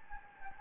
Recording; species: mosquito wingbeat signal from an infrared sensor; Anopheles gambiae